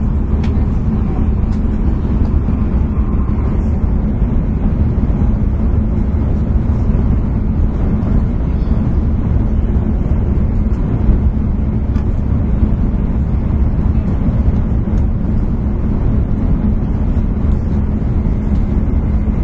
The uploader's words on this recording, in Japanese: 新幹線さくら号の走行音です。JR九州車両のN700系で収録。区間は、新神戸到着直前から新大阪到着までです。新幹線さくら号 新神戸から新大阪。